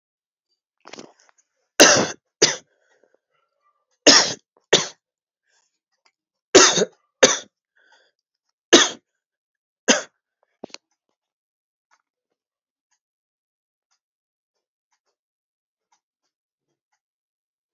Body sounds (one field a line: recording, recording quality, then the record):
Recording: heavy voluntary cough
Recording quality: excellent, no background noise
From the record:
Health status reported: healthy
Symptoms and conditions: cough, sore throat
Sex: male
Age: 26 years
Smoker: not ticked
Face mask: not worn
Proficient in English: yes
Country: India